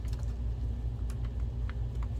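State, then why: Not seated. A pin connector is handled near its socket inside an Optoma GT1080 DLP projector during reassembly, with a steady low rumble and a few faint light ticks and rustles. Nothing has seated or clicked yet.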